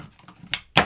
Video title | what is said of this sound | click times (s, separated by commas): DJI Mini 3 Fly More Kit Plus - Unboxing and Closer Look | And the way you use this is basically just slide them down inside like that, and you'll hear them snap closed. Here's the third one. | 0.5 s, 0.8 s